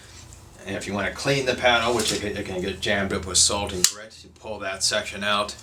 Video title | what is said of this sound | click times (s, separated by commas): Paddle Board Tips - Learn about the parts of a SUP Paddle | and just simply by adjusting that you can adjust the length of the paddle now make sure it clicks | 0.3 s